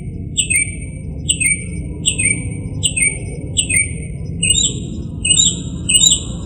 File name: kicauan burung northern mockingbird. omkicau